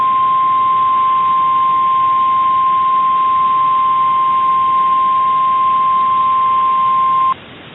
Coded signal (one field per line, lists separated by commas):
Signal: Emergency Alert System (SAME) tones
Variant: 1050 Hz attention tone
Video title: MID-DECEMBER DERECHO | EAS Alerts from 12/15/2021 (EAS #875-902)